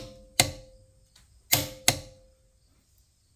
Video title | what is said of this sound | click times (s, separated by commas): Stop Putting Up With Swollen Nuts! | that's the click one down a lot more to go | 1.9 s